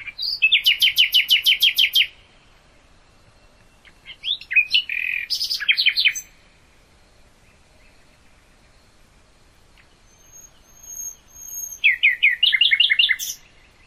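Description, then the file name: Common nightingale song: a fast repeated rattling phrase, then varied notes, a quiet gap with thin high whistles, and another rapid trilled phrase. "nachtigall"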